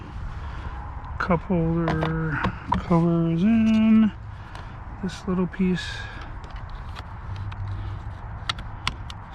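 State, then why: Seated. A small plastic interior trim piece near the cup holder cover is pressed back into the door panel of a 2007 Impala during window regulator work. Someone talks over a quiet background for most of the first six seconds, followed by scattered light ticks. The trim's clips snap into place with sharp clicks at 8.5 and 8.9 seconds, and the piece is seated.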